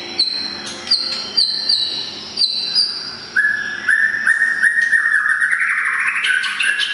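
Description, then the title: Oriental magpie-robin singing a varied series of high whistled notes, then steadier lower whistles, ending in a rapid rising, buzzy flourish. "kacer"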